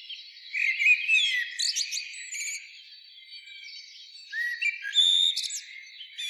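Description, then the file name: Common blackbird giving whistled phrases and squeaky twitters, with a high thin note near the end and a constant faint chorus of other birds. "Turdus merula"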